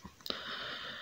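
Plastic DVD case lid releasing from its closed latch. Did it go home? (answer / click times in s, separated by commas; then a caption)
released / 0.3 s. A tight plastic DVD case for the 2012 film Ek Tha Tiger is pulled open with both hands, and its lid releases from the closed latch. A small snap comes at 0.2 s, then a sharp click at 0.3 s as the case pops open, followed by a steady hiss.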